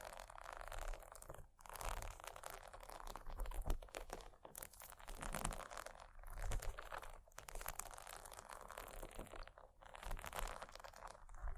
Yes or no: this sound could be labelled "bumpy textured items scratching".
yes